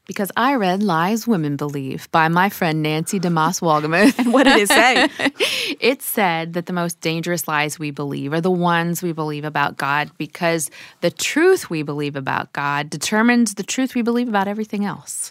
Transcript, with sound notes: Because I read Lies Women Believe by my friend Nancy DeMoss Wolgemuth. (laughter) What did it say? It said that the most dangerous lies we believe are the ones we believe about God because the truth we believe about God determines the truth we believe about everything else.